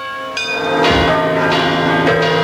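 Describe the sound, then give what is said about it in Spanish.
The bells of Badajoz Cathedral, a fortified cathedral whose bell tower is topped with battlements, ring out in a steady peal, several loud metallic strikes about every half second, their bright overlapping tones sustaining and blending into a continuous ringing wash. “Suenan las campanas de la Catedral de Badajoz.”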